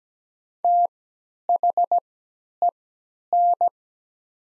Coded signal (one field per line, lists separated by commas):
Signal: Morse code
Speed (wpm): 17 wpm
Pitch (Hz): 700 Hz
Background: none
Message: THEN